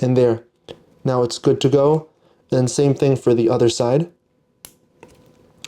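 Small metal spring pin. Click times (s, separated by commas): 4.6 s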